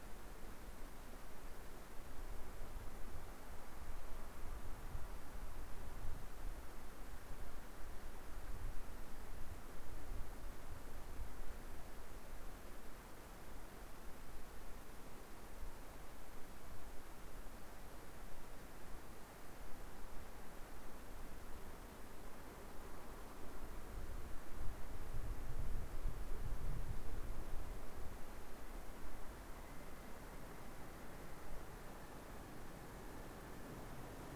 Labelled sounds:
North Island Brown Kiwi male call
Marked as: faintness 5/5
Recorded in New Zealand on 2 November 2013
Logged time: 20:59
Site CV71

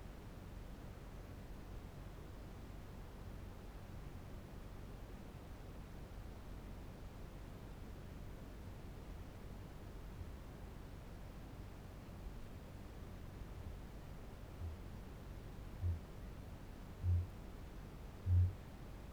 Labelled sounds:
Kākāpō boom
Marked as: faintness 4/5, faintness 3/5
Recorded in New Zealand
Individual Barnard

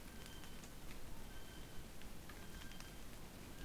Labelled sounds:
North Island Brown Kiwi male call
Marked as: faintness 3/5
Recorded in New Zealand on 20 November 2013
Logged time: 22:29
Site CH69

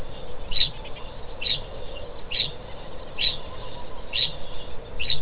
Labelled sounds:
Kākāpō ching call
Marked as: faintness 3/5
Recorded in New Zealand
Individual Stumpy

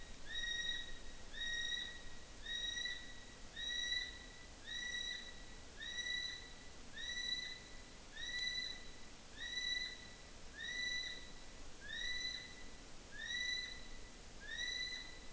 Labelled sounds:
North Island Brown Kiwi male call
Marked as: faintness 1/5
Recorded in New Zealand on 5 June 2013
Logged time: 02:19

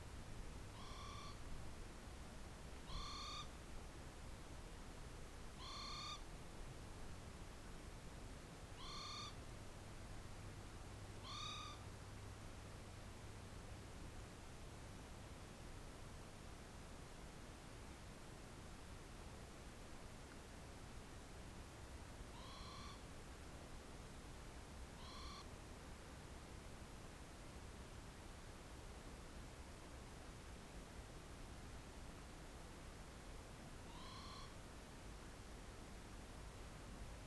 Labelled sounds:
Morepork trill
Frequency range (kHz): Morepork 0.5-8.7 kHz
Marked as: faintness 3/5, faintness 2/5
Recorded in New Zealand on 4 June 2017
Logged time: 21:16
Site Taranaki

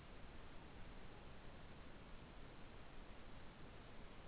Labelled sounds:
Morepork more-pork call
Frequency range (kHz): Morepork 0.8-1.0 kHz
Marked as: faintness 5/5
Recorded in New Zealand
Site Taranaki

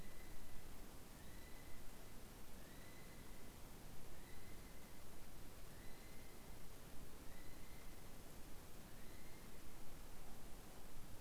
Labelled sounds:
North Island Brown Kiwi male call
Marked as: faintness 3/5
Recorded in New Zealand on 7 November 2014
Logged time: 22:14
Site CJ68

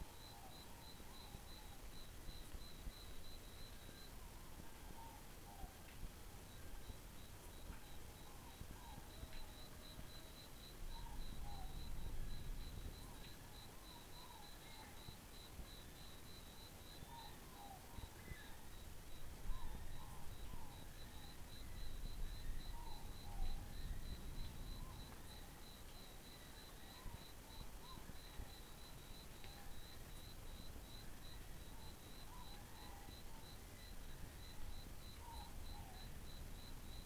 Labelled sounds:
North Island Brown Kiwi male call
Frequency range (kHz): North Island Brown Kiwi 0.4-6.8 kHz
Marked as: faintness 5/5
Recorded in New Zealand on 11 December 2014
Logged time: 22:44
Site CF20

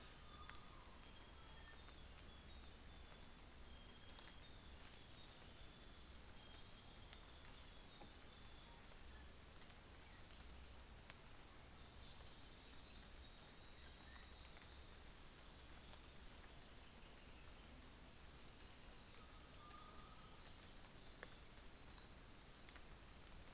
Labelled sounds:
New Zealand Fantail
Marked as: faintness 5/5, faintness 4/5, faintness 2/5
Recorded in New Zealand on 24 December 2018
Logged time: 09:00

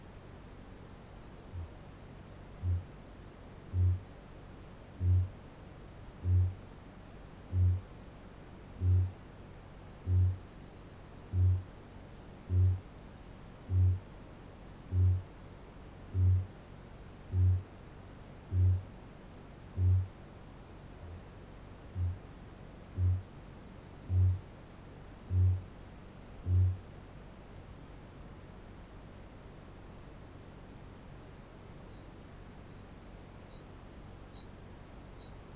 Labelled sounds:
Kākāpō boom
Kākāpō ching call
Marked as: faintness 4/5, faintness 2/5, faintness 5/5
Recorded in New Zealand
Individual Barnard

